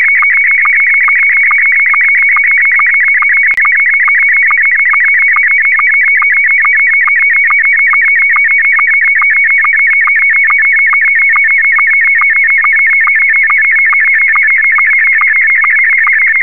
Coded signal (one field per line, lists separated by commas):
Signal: SSTV (slow-scan television)